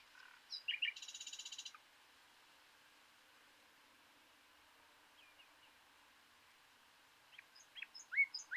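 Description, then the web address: Common nightingale song: a fast buzzy rattle of repeated notes, a long pause, then scattered sharp chirps rising in loudness at the end. "SETE data Luscinia megarhynchos"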